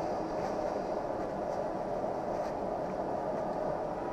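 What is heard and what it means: A freshly cut Crizal Prevencia prescription lens is dried off and lined up at a Ray-Ban 2132 sunglasses frame, ready to be tucked in at the outside corner and pushed down at the nose. Only a steady, even background hum is heard, with no distinct hits. The lens has not snapped into the frame yet.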